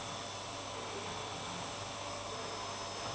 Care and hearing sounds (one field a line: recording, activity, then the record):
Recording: daily activity, microphone in the room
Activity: vacuum cleaning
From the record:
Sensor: 1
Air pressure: 1007.7 hPa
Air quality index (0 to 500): 78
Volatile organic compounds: 1 ppm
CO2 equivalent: 677 ppm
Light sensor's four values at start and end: 10/24/9/10 and 10/23/9/10